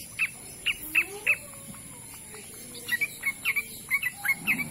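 Bird song in short bursts: four separate high chirps, a pause, then a quicker run of chirps.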